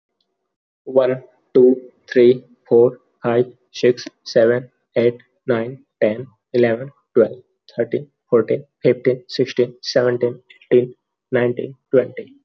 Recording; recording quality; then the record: counting at a normal pace; excellent, no background noise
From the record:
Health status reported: healthy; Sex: male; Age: 22 years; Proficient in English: yes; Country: India